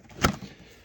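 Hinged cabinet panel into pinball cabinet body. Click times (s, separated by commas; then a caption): 0.2 s. A hinged section of a wooden table-top virtual pinball cabinet, with the encoder and wiring inside, is lifted and lowered onto the cabinet body. It closes with a sharp click at 0.3 s, followed by a brief softer knock, and the section locks into place.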